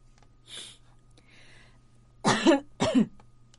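A couple of soft, breathy exhales, then two loud, rough coughs in quick succession with a throaty, throat-clearing rasp from a woman with a stuffy nose reading aloud, over a low steady hum.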